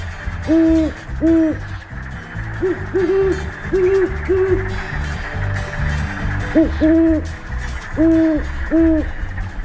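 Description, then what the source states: Great Horned Owls hooting in duet, one bird giving higher paired hoots and another answering with deeper rhythmic hoot series, alternating back and forth throughout. Two great horned owls calling back and forth together.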